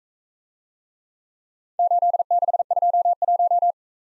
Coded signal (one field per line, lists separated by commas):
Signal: Morse code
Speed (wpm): 42 wpm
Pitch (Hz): 700 Hz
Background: none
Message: 8621